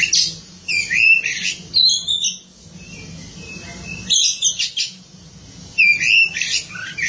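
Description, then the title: Oriental magpie-robin song: harsh squawks mixed with sweet whistles and fast trills, phrases separated by quiet gaps, with a faint low hum throughout. Song of the kacer. "Suara Kicauan Burung Kacer"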